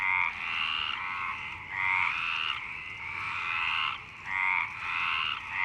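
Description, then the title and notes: Frog chorus of overlapping raspy croaks and trills, rising and falling in loudness in waves. Frogs in Parc Longchamp, Marseille, Provence-Alpes-Côte d'Azur, France, 26 March 2011 at 19:35, recorded with a MixPre-6 and BASIC UCHO. "Marseille, Provence-Alpes-Côte d'Azur, France - 26_03_11_19_35 Longchamps_004 grenouilles. Grenouilles au parc de Longchamp MIXPRE 6 + BASIC UCHO"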